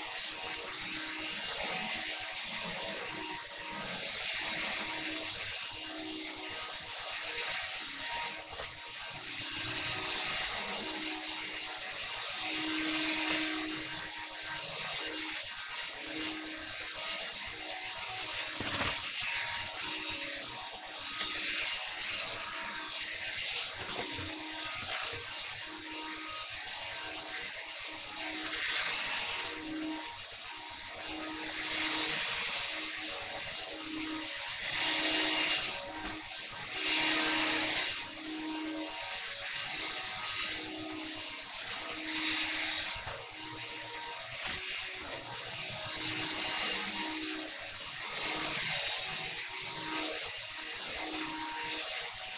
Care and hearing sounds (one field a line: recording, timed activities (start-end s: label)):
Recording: household activities, microphone on the right wrist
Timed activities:
0.00-52.38 s: vacuum cleaning